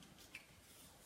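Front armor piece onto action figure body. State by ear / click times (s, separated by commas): seated / 0.3 s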